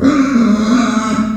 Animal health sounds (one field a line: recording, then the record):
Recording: squeal of a Yucatan mini pig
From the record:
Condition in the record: after surgery on the right vocal fold (resection and tissue-engineered implant)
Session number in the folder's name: 9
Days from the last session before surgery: 65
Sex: female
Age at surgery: 19 weeks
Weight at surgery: 25 kg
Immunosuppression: prednisolone